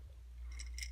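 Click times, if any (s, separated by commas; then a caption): 0.8 s. During the robot-to-vehicle transformation of a plastic Transformers Studio Series Deluxe Class Stinger action figure, a hinged plastic panel is brought down until it locks. Faint, light plastic ticks around 0.5–0.7 s lead into a sharp, bright click at 0.8 s as the panel seats into place.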